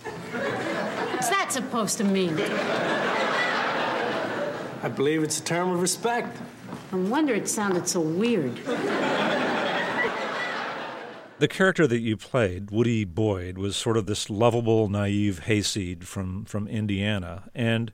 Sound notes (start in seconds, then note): 2.2 soundbite of laughter; 8.6 soundbite of laughter